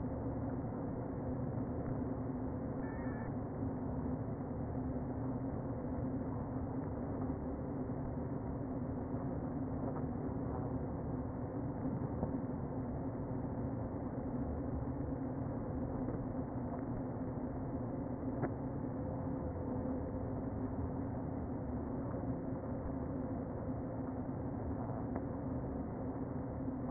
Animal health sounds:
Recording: honeybee colony, microphone inside the hive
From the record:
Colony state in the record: queen present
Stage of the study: before two queens were removed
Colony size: about 60,000 bees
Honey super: yes

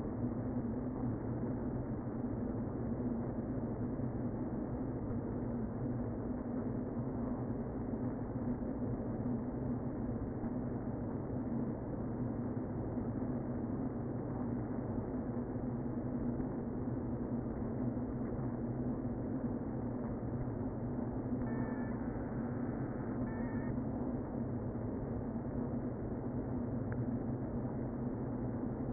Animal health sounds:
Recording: honeybee colony, microphone inside the hive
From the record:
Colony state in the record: queen present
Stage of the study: before two queens were removed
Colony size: about 60,000 bees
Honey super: yes

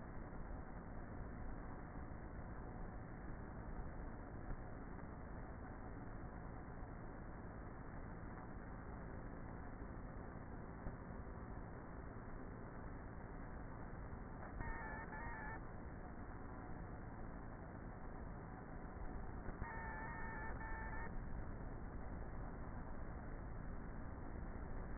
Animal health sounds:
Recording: honeybee colony, microphone inside the hive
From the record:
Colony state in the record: queenless with a low population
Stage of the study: before two queens were removed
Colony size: about 30,000 bees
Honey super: no

